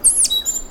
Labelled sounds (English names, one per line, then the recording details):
Stitchbird song
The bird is a male
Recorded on Tiritiri Matangi Island, New Zealand, in 2005
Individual 1, of nest box 1